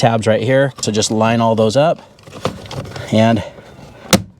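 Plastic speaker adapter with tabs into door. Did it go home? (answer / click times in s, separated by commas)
yes / 4.1 s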